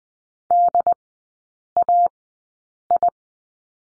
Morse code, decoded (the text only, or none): D A I